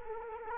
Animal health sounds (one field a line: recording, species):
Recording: mosquito wingbeat signal from an infrared sensor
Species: Culex quinquefasciatus